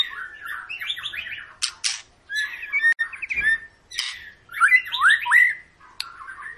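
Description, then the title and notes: White-rumped shama song, a varied medley of rich whistles, short trills and sharp clicks, with brief pauses between phrases. Long lure song, used to prompt birds to sing. "Pancingan Murai Batu Gacor Panjang. muraiku"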